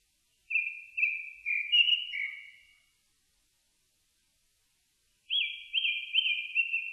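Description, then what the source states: Japanese thrush gives a phrase of flowing whistled notes, pauses for over two seconds, then sings a second phrase of rapid, repeated looping whistles. Recorded on 4 May 2001.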